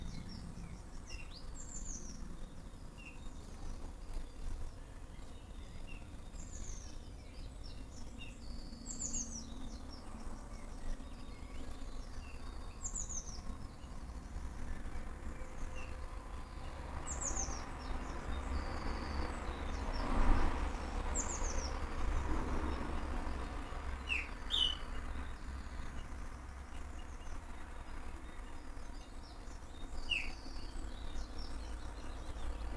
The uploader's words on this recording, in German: Frühmorgendliche Vogelkonversation. Morgends gegen halb sechs in meinem Garten unterhalten sich die verschiedensten Vogelarten lauter miteinander als die Marktschreier auf dem Hamburger Fischmarkt.